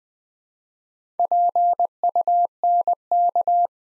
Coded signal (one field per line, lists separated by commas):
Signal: Morse code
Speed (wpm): 20 wpm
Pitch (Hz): 700 Hz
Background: none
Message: PUNK